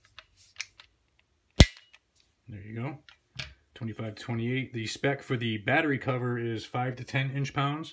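A torque wrench tightens the second optic mounting screw into the steel slide of a Sig Sauer P320 for a red dot sight, set to 25 to 28 inch pounds. A few faint ticks come first, then a loud, sharp click at 1.6 s as the wrench reaches its setting, and the screw is confirmed torqued. Someone then talks.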